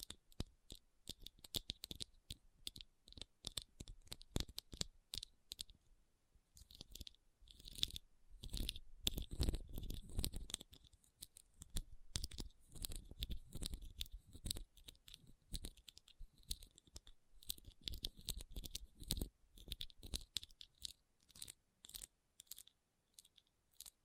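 Rhinestones are tapped and scratched in quick, irregular clicks and crisp scrapes, crunchy and bright, running through all of the clip. Denser, rougher scratching with a low rumble swells around 8–12 and 15–19 seconds. A brief lull falls near six seconds.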